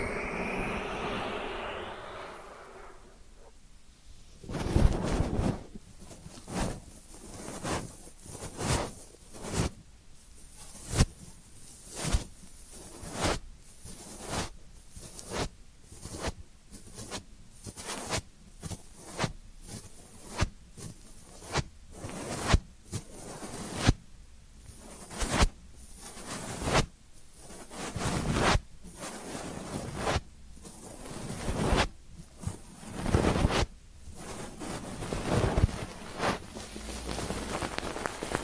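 Ear cleaning triggers open with a few seconds of soft, airy rubbing. From about five seconds on, short scratchy, rustling strokes follow one another at a fairly steady pace, roughly one or two per second, each crisp and bright, with quiet gaps between them.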